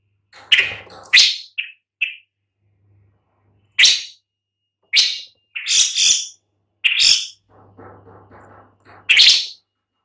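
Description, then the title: Long-tailed shrike giving sparse, scratchy calls separated by silences, with a faint low hum beneath at times. "Lanius Schach Sun"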